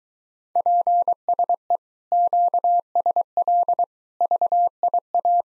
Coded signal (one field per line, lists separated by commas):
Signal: Morse code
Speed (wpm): 22 wpm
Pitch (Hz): 700 Hz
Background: none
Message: PSE QSL VIA